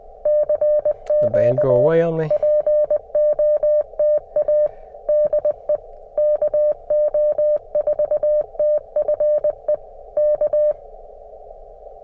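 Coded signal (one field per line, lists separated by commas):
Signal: Morse code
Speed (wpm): 20 wpm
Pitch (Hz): 600 Hz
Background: speech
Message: CQ POTA DE KO4TFE K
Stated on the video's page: CW Parks on the Air activation with a QMX transceiver running about 3.6 watts.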